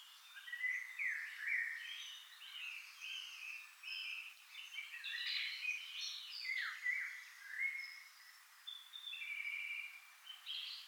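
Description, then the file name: European robin song: varied high warbles, slurred whistles and trills in quick, jumbled phrases, continuing almost without break over a soft hiss. "Erithacus rubecula"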